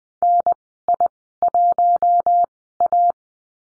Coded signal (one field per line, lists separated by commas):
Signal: Morse code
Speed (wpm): 20 wpm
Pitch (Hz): 700 Hz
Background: none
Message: NI1A